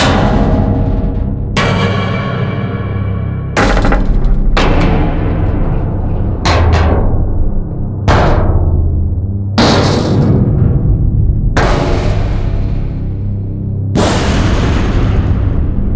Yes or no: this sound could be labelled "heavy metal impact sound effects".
yes